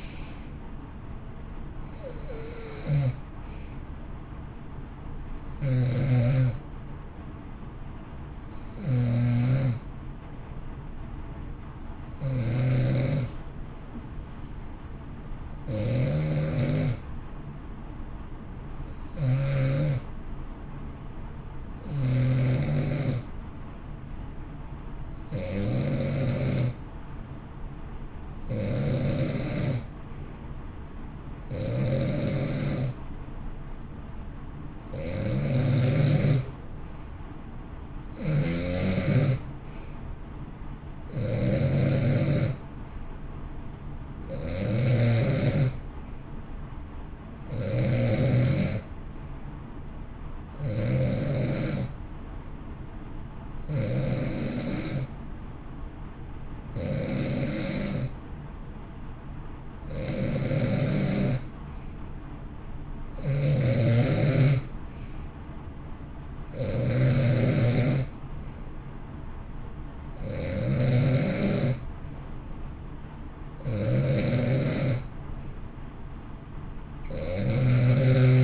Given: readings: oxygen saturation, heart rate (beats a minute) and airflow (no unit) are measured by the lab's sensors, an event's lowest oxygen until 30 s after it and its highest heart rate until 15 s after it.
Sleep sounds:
breathing in sleep by a smartphone at the bedside; 1
10.00-32.30 s: hypopnea (N2, oxygen 93% highest, then 89% lowest, heart rate 56 at the start, 64 highest)
From the record:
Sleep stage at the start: N2 (light sleep); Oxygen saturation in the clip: 88 to 93%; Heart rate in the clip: 54 to 68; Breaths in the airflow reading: 23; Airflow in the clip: -9.8 to 7.8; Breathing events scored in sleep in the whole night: 328 in 6.3 hours asleep

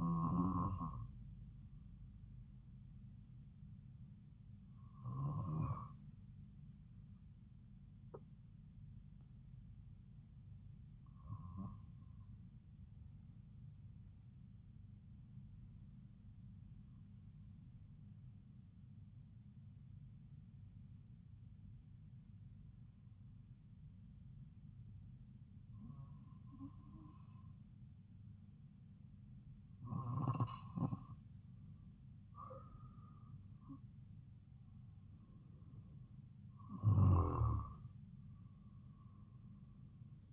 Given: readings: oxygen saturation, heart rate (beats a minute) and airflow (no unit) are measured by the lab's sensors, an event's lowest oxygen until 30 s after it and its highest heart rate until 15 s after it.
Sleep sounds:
breathing in sleep by a smartphone at the bedside; 1
5.00-34.30 s: hypopnea (N2, oxygen 96% highest, then 91% lowest)
22.00-40.33 s: new sleep stage, N1 (lightest sleep)
From the record:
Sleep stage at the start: N2 (light sleep); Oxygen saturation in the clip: 92 to 96%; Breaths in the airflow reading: 9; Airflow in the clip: -4.6 to 5.3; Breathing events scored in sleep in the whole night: 270 in 6.1 hours asleep

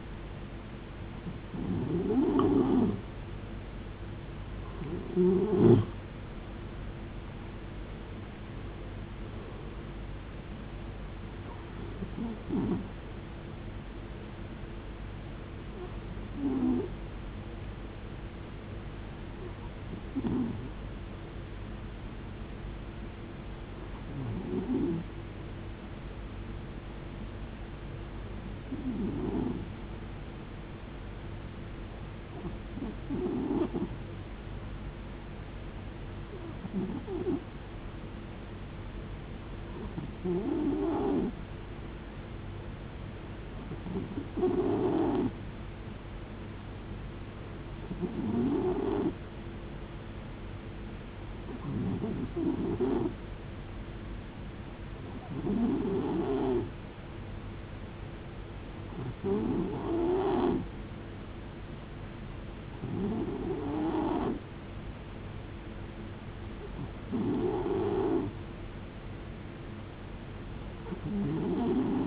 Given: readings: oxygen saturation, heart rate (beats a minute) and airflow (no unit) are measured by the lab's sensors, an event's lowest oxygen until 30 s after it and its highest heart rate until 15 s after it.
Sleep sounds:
breathing in sleep by a voice recorder at the bedside; 1
43.00-66.40 s: hypopnea (N2, oxygen 93% highest, then 90% lowest, heart rate 70 at the start, 73 highest)
From the record:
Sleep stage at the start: N2 (light sleep); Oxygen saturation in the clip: 90 to 93%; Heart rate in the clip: 59 to 79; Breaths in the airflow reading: 18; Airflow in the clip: -10.1 to 11.2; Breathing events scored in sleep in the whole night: 389 in 6.3 hours asleep

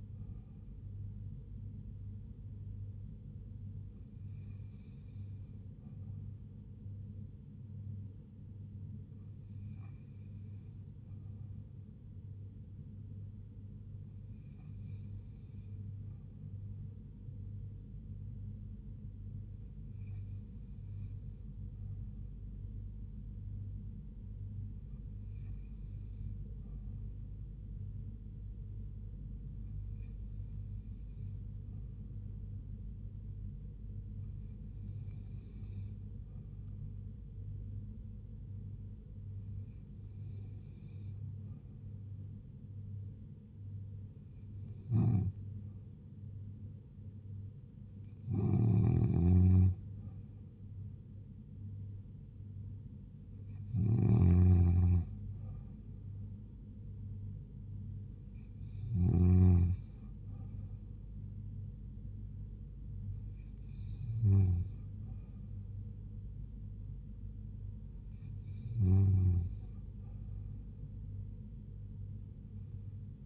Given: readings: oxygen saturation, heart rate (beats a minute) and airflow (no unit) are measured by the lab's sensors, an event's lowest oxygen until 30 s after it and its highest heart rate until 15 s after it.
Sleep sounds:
breathing in sleep by a smartphone at the bedside; none
none scored
From the record:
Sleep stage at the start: N2 (light sleep); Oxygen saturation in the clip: 88 to 89%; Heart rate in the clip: 74 to 80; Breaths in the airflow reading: 15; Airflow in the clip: -3.5 to 2.4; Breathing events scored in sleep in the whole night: 158 in 7.3 hours asleep

